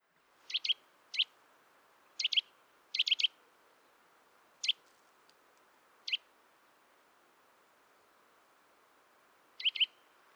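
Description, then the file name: Eurasian nuthatch giving short, sharp, high calls, singly and in quick clusters of two or three, spaced irregularly over quiet background hiss. "Sitta europaea"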